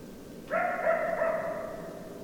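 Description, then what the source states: Coyote howl starting abruptly and holding a flat, sustained tone for nearly two seconds, layered with overtones, over soft background hiss. Several coyotes recorded on 2012-12-10.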